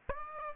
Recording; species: mosquito wingbeat signal from an infrared sensor; Aedes aegypti